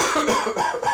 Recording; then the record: coughing mixed with background sound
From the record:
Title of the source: Spring Cold Coughing 2